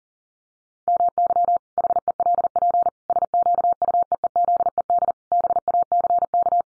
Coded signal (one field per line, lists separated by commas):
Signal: Morse code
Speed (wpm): 40 wpm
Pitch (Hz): 700 Hz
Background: none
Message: MY HELP SQUEEZED BACK